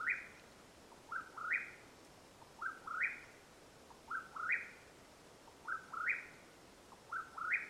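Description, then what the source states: Mexican whip-poor-will calling a three-part whistled phrase, a short note then a rising slurred whistle ending higher, repeated about every one and a half seconds over a quiet background. Call at nightfall in Madera Canyon, Arizona, USA, 21 April 2022.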